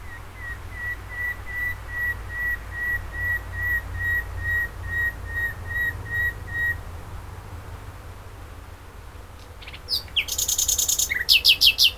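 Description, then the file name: Common nightingale song: a long even series of pure whistled notes on one pitch, about two per second, followed by rapid sharp trilled phrases near the end; low background rumble. "Luscinia megarhynchos"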